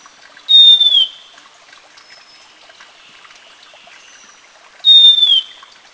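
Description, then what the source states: Long-billed wren-babbler giving a thin, high, slightly descending whistle, heard twice about four seconds apart, over steady rushing stream water. Recorded at Eaglenest, India.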